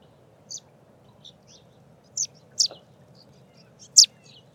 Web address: Scaly feathered weaver. صدای-پرنده-جولای-پر-پولکی